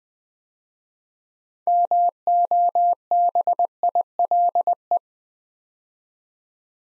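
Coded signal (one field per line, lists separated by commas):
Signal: Morse code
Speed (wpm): 20 wpm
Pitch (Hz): 700 Hz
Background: none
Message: MOBILE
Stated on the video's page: Morse practice at 20 wpm: six-letter words sent twice for head-copy, with the first three letters given beforehand.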